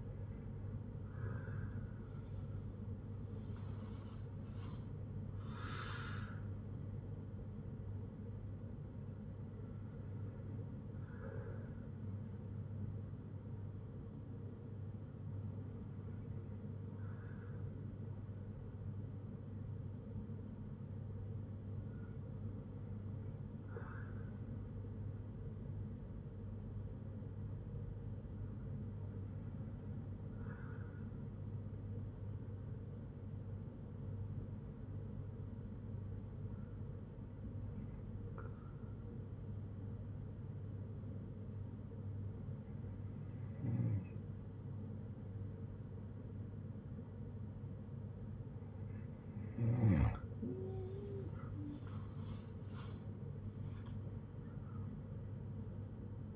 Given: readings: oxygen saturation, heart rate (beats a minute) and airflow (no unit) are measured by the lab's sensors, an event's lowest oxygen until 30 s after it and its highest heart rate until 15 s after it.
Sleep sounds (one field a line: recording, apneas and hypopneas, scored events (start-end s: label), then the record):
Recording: breathing in sleep by a smartphone at the bedside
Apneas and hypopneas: 1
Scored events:
5.00-35.00 s: new sleep stage, N1 (lightest sleep)
16.00-52.10 s: hypopnea (N1, oxygen 96% highest, then 93% lowest, heart rate 55 at the start, 83 highest)
35.00-56.36 s: new sleep stage, N2 (light sleep)
From the record:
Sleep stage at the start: N2 (light sleep)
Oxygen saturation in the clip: 94 to 96%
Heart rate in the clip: 54 to 81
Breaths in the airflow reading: 10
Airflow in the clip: -6.5 to 7.7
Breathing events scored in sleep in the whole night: 182 in 7.4 hours asleep